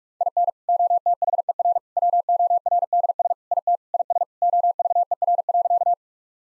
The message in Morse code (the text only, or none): IN OTHER WORDS IT IS OVER.